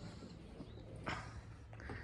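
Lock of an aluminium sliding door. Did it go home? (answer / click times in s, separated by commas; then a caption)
partly / 1.1 s. A lock on an aluminium sliding door is opened, giving a sharp click at 1.1 s against a low background hum. Fainter ticks follow near 1.7–1.8 s, and the lock is only partly opened, not fully.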